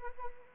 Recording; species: mosquito wingbeat signal from an infrared sensor; Anopheles arabiensis